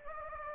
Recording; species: mosquito wingbeat signal from an infrared sensor; Anopheles gambiae